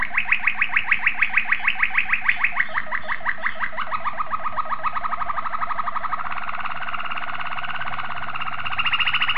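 Domestic canary song: a fast tour of repeated downslurred notes, shifting into lower buzzy trills, then a brighter phrase at the end.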